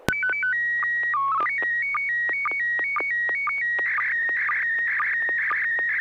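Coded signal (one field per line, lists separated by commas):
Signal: SSTV (slow-scan television)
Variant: PD 120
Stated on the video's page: SSTV net on an FM repeater on 441.300 MHz in Sacramento, sent with MMSSTV software.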